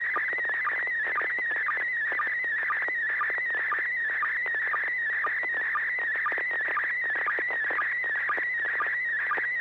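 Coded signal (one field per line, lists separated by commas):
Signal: SSTV (slow-scan television)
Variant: PD 120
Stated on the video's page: SSTV images exchanged on a weekly amateur net via an FM repeater on 441.300 MHz in Sacramento, California.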